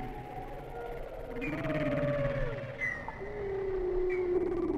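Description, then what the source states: Whale song: a few clear whistled tones, one arching then falling, another held steady, over soft background hiss. Whale sounds without music.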